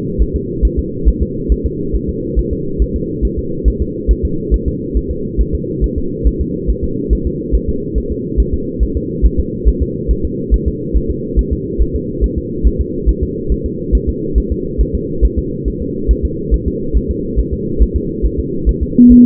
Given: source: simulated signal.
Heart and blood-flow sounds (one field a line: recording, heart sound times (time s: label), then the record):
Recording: fetal heart sounds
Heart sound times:
0.22 s: S1
0.36 s: S2
0.65 s: S1
0.79 s: S2
1.09 s: S1
1.23 s: S2
1.52 s: S1
1.66 s: S2
1.95 s: S1
2.09 s: S2
2.39 s: S1
2.53 s: S2
2.82 s: S1
2.96 s: S2
3.25 s: S1
3.39 s: S2
3.68 s: S1
3.82 s: S2
4.11 s: S1
4.25 s: S2
4.54 s: S1
4.68 s: S2
4.97 s: S1
5.11 s: S2
5.41 s: S1
5.55 s: S2
5.84 s: S1
5.98 s: S2
6.27 s: S1
6.41 s: S2
6.70 s: S1
6.84 s: S2
7.13 s: S1
7.27 s: S2
7.55 s: S1
7.69 s: S2
7.98 s: S1
8.12 s: S2
8.40 s: S1
8.54 s: S2
8.83 s: S1
8.97 s: S2
9.26 s: S1
9.40 s: S2
9.68 s: S1
9.82 s: S2
10.11 s: S1
10.25 s: S2
10.54 s: S1
10.68 s: S2
10.97 s: S1
11.11 s: S2
11.39 s: S1
11.53 s: S2
11.81 s: S1
11.95 s: S2
12.24 s: S1
12.38 s: S2
12.67 s: S1
12.81 s: S2
13.09 s: S1
13.23 s: S2
13.52 s: S1
13.66 s: S2
13.95 s: S1
14.09 s: S2
14.38 s: S1
14.52 s: S2
14.81 s: S1
14.95 s: S2
15.25 s: S1
15.39 s: S2
15.68 s: S1
15.82 s: S2
16.11 s: S1
16.25 s: S2
16.54 s: S1
16.68 s: S2
16.97 s: S1
17.11 s: S2
17.39 s: S1
17.53 s: S2
17.82 s: S1
17.96 s: S2
18.26 s: S1
18.40 s: S2
18.69 s: S1
18.83 s: S2
19.12 s: S1
From the record:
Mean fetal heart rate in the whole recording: 140 bpm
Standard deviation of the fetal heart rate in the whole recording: 2 bpm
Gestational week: 34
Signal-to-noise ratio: -6.6 dB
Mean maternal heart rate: 72 bpm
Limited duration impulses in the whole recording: present